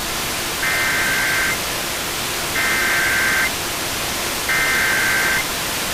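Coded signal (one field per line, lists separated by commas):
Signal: Emergency Alert System (SAME) tones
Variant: header bursts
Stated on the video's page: Severe Thunderstorm Warning on 92.3 MHz FM, 39 kW transmitter 64.6 miles away, recorded via SDR.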